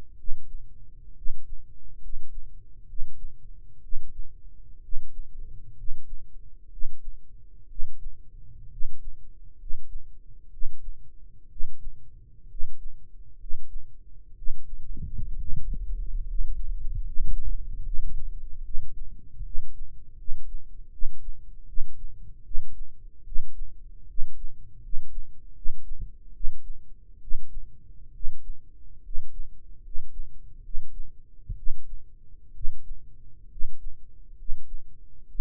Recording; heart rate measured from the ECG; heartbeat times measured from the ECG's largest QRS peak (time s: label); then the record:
heart sounds by microphone in the right ear; 68 bpm
0.13 s: heartbeat
1.11 s: heartbeat
1.96 s: heartbeat
2.83 s: heartbeat
3.78 s: heartbeat
4.78 s: heartbeat
5.71 s: heartbeat
6.66 s: heartbeat
7.64 s: heartbeat
8.66 s: heartbeat
9.53 s: heartbeat
10.47 s: heartbeat
11.45 s: heartbeat
12.44 s: heartbeat
13.34 s: heartbeat
14.31 s: heartbeat
15.34 s: heartbeat
16.22 s: heartbeat
16.99 s: heartbeat
17.80 s: heartbeat
18.59 s: heartbeat
19.39 s: heartbeat
20.13 s: heartbeat
20.87 s: heartbeat
21.63 s: heartbeat
22.40 s: heartbeat
23.21 s: heartbeat
24.03 s: heartbeat
24.77 s: heartbeat
25.50 s: heartbeat
26.30 s: heartbeat
27.17 s: heartbeat
28.09 s: heartbeat
28.99 s: heartbeat
29.78 s: heartbeat
30.59 s: heartbeat
31.52 s: heartbeat
32.50 s: heartbeat
33.45 s: heartbeat
34.32 s: heartbeat
35.24 s: heartbeat
From the record:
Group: healthy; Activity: cold pressor test 0-16 s, rest 16-35 s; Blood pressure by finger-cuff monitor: 115/59 mmHg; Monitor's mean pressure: 70 mmHg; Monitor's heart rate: 66 bpm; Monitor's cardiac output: 7.3 L/min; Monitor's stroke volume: 113 mL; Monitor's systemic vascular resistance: 700 dyn s/cm5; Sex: male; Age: 22 years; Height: 185 cm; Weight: 112.4 kg